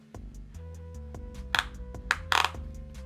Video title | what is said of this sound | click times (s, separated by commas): Kore Essentials X5 Gun Belt Review - The Most Comfortable Concealed Carry Gun Belt? | You can see how it kind of clicks in place. | 1.6 s, 2.1 s, 2.3 s, 2.4 s